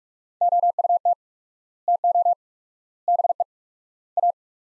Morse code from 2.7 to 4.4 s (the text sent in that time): BE A